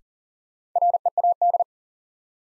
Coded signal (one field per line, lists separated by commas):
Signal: Morse code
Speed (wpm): 40 wpm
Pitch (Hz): 700 Hz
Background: none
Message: READ